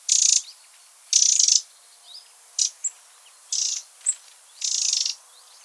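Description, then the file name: Eurasian wren uttering repeated dry churring rattles, roughly one burst a second, some longer and some clipped short, with a few sharp ticks between. "Troglodytes troglodytes"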